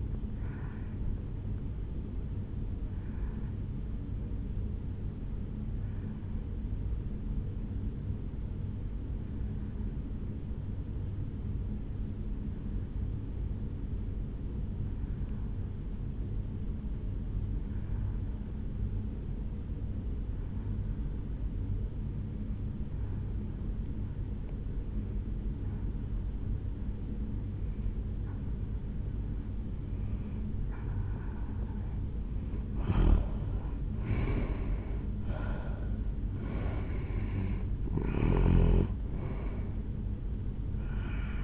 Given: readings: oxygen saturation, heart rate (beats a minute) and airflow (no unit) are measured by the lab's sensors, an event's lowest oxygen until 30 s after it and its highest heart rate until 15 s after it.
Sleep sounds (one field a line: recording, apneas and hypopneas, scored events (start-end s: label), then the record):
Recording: breathing in sleep by a smartphone at the bedside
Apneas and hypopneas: 1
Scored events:
5.00-34.70 s: obstructive apnea (N1, oxygen 96% highest, then 85% lowest, heart rate 59 at the start, 75 highest)
15.00-41.44 s: new sleep stage, N2 (light sleep)
From the record:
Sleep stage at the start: N1 (lightest sleep)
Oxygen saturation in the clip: 88 to 96%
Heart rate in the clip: 55 to 75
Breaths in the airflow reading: 3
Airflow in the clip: -8.2 to 5.9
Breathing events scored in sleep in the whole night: 449 in 7.0 hours asleep